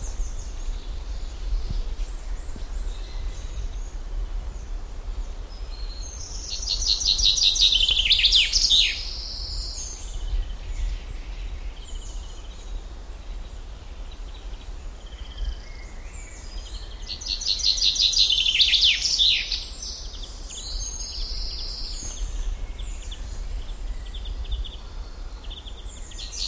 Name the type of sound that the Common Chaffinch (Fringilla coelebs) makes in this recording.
song